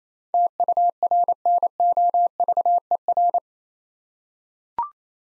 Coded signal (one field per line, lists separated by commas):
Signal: Morse code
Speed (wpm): 28 wpm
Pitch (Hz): 700 Hz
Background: none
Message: TURNOVER